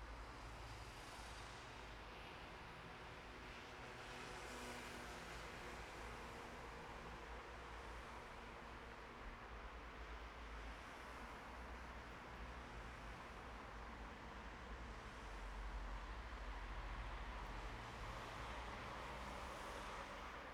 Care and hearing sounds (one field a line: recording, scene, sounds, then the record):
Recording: everyday scene through a hearing-aid microphone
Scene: in traffic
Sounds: traffic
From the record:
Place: bus stop on a city main road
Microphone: behind the ear, right, front